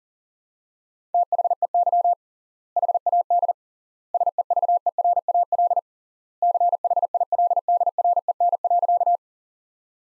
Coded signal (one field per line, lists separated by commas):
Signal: Morse code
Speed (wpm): 37 wpm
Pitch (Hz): 700 Hz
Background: none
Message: THEY HAD SEVERAL CHILDREN.